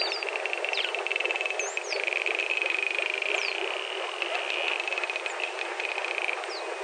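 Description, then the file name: False killer whale pulsed sounds: a long buzzy, rapidly pulsed drone with clicking texture, plus a few brief high whistle sweeps. "false kw"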